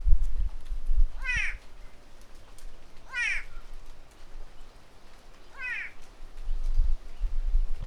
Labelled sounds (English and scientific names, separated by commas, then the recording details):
White-bellied Go-away-bird (Corythaixoides leucogaster)
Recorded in northern Uganda